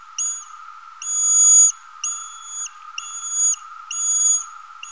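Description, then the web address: Eastern horseshoe bat echolocation calls: long, steady, whistle-like tones that each end in a short downward sweep, five pulses spaced about a second apart, over a continuous low hum. "Rhinolophus megaphyllus"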